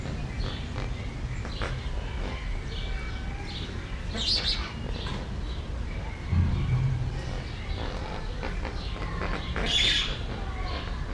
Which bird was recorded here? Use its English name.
Lesser Flamingo